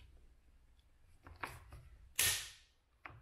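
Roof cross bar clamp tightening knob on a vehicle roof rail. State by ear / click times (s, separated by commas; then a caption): torque reached / 2.2 s. A roof cross bar clamp tightening knob (VPLER0178/VPLER0179) on the roof rail of a new Land Rover Defender 110 is turned by hand, with faint rubbing and small taps near 1.4 s. At 2.2 s its torque-limiting mechanism gives a loud, sharp click that rings briefly, and another light tap follows at 3.1 s. The click confirms the clamp is tight enough.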